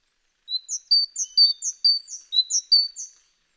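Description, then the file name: Great tit calling with a rapid string of many high, clipped chirps against a silent background. "Parus major"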